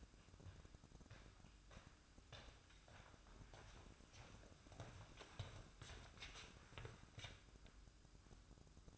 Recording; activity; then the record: daily activity, microphone in the room; walk to room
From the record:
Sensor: 2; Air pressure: 1008.1 hPa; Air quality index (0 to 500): 118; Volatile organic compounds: 1 ppm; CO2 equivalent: 874 ppm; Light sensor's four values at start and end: 8/20/8/8 and 5/10/4/5